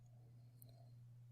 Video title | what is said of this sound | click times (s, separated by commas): PDPTV KMPK 15082020 (SESI PAGI) | when you hear a click | 0.6 s